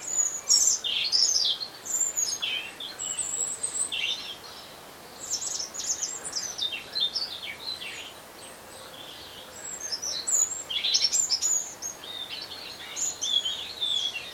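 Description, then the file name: European robin song, rapid sweet twittering phrases, high and tinkling, rising and falling, in bursts with brief pauses between. "Erithacus rubecula"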